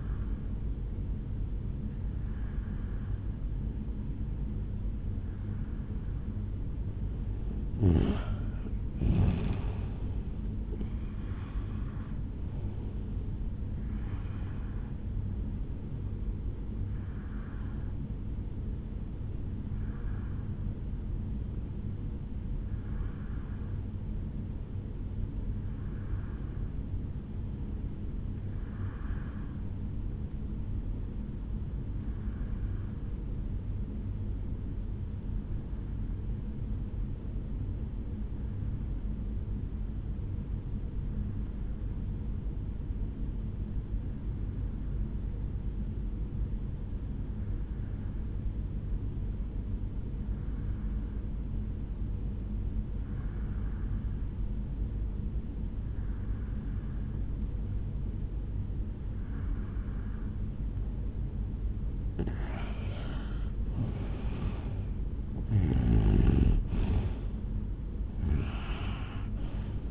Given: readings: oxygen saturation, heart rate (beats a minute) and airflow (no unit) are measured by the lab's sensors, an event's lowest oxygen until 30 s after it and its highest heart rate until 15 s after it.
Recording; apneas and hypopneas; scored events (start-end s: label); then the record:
breathing in sleep by a smartphone at the bedside; 1
19.00-69.91 s: new sleep stage, REM sleep
27.00-60.40 s: hypopnea (REM, oxygen 93% highest, then 83% lowest, heart rate 62 at the start, 76 highest)
From the record:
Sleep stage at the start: N1 (lightest sleep); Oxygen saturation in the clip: 85 to 93%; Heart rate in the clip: 62 to 75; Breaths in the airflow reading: 23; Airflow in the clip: -9.6 to 8.8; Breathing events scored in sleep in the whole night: 449 in 7.0 hours asleep